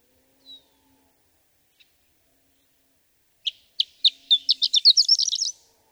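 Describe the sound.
Horned lark: after a faint note and quiet, a horned lark sings: high chips gathering pace into a bright, twittering, tinkling flourish.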